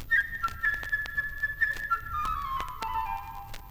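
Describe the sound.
A solo flute plays a bright, birdlike theme representing the bird, Peter's friend, in Prokofiev's Peter and the Wolf, holding high, clear notes before stepping down lower near the end. Faint clicks sound in the background.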